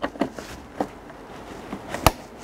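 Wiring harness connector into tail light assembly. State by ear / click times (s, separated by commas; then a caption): not seated / none. While refitting the tail light on a 2019 Subaru Forester, a plastic wiring harness connector is handled and pushed toward the tail light assembly, making soft rustling and tapping sounds with two sharp ticks near 2.1 and 2.4 seconds. The clip ends just before the connector goes home; nothing has seated or clicked yet.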